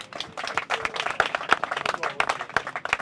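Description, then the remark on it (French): Sparse applause from about four people in an audience: quick, irregular sharp claps overlapping unevenly for a few seconds at a moderate level, without much crowd noise behind them. “Oui, oui, vous êtes quatre à applaudir, c'est pas grave.”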